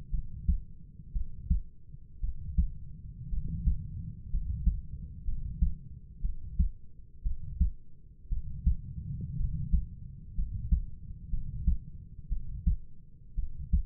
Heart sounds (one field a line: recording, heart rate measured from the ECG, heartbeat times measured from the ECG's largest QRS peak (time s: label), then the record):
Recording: heart sounds by stethoscope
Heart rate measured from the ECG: 59 bpm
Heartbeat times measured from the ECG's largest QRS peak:
0.11 s: heartbeat
1.13 s: heartbeat
2.21 s: heartbeat
3.30 s: heartbeat
4.30 s: heartbeat
5.25 s: heartbeat
6.21 s: heartbeat
7.23 s: heartbeat
8.29 s: heartbeat
9.37 s: heartbeat
10.35 s: heartbeat
11.30 s: heartbeat
12.29 s: heartbeat
13.35 s: heartbeat
From the record:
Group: healthy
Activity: rest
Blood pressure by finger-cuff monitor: 103/50 mmHg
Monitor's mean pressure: 62 mmHg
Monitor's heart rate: 59 bpm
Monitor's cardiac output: 5.2 L/min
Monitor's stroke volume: 88 mL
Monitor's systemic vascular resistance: 840 dyn s/cm5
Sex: male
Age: 25 years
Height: 170 cm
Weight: 70.4 kg